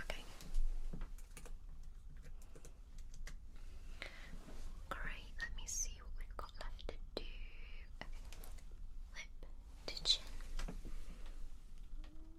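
Face measuring, with soft rustles, taps and clicks scattered throughout. Short sliding, zipping sounds like a tape being pulled or retracted come around six, eight and ten seconds, over a constant low hum and faint quiet murmuring.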